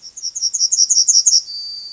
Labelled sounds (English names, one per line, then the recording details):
Yellowhammer song
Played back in grassland
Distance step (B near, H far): B
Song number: 025